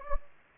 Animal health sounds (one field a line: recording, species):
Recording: mosquito wingbeat signal from an infrared sensor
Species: Anopheles gambiae